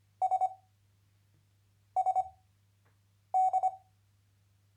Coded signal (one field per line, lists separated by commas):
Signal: Morse code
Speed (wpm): 25 wpm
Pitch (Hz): 750 Hz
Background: none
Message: S S D